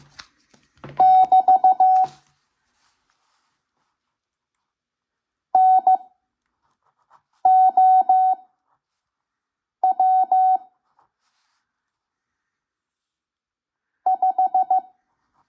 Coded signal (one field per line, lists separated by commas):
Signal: Morse code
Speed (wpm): 15 wpm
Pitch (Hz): 750 Hz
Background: none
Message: <BT> NOW 5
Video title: Learning Morse Code (CW) 5 wpm - part 3